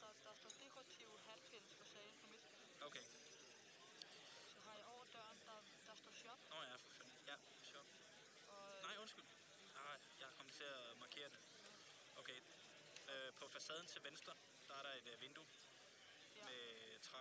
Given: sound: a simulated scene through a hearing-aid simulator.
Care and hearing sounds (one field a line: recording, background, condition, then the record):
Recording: conversation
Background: cafeteria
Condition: +4 dB SNR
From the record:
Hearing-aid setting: II (fast-acting compression, audibility-based gain, advanced features for about 2.5 dB of SNR improvement)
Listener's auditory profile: A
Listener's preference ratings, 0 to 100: 77, 55, 51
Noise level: 65 dB SPL